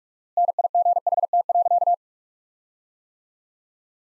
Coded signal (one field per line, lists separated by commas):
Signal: Morse code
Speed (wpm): 41 wpm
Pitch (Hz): 700 Hz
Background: none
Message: NIGHT.